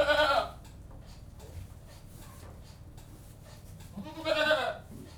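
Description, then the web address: Goat bleating, a quivering cry at the start and another near the end, separated by quiet rustling and a steady low background hum. Atmosphere inside a goat house. "BBC Sound Effects Library. General Atmosphere In Goat-House"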